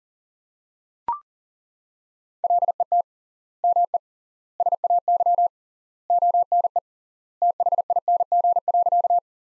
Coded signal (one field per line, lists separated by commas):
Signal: Morse code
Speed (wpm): 40 wpm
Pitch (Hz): 700 Hz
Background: none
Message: LET ME SAY ONE THING.